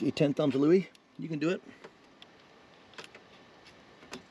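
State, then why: Seated. A 15 amp blade fuse for the horn is pushed back into its slot in a vehicle fuse box after some fumbling. Someone talks at the start, then faint scrapes and small taps follow around 2.9–3.2 seconds. A final, louder tap at 4.1 seconds marks the fuse seating in place.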